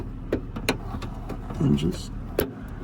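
A wiring plug is pushed onto the plastic bulb socket of the license plate light on a 2008 Infiniti M35, with the plug's clip lined up on the clip side of the socket, while someone talks. A few small taps and clicks come through, with the sharpest click at 0.7 s as the plug clips in. The plug is seated, and the light should now come on.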